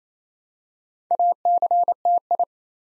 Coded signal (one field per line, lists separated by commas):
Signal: Morse code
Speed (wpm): 29 wpm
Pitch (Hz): 700 Hz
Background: none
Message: ACTI